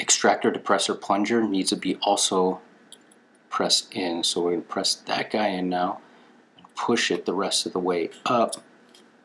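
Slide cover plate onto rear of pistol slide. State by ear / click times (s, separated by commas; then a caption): not seated / none. Someone talks while a polymer slide cover plate is slid up onto the rear of a Glock pistol slide with the extractor depressor plunger held in, then pushed the rest of the way up. Only a few faint handling sounds are heard between the talking. Nothing has seated or clicked yet when the clip ends.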